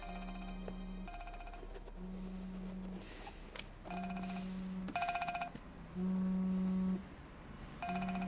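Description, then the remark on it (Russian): A telephone rings with a call from Lida to Lyosha, in a repeating pattern of steady electronic tone bursts, each about a second long, alternating between two bright pitches with no voices. “Лёше звонит Лида.”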